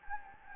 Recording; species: mosquito wingbeat signal from an infrared sensor; Anopheles gambiae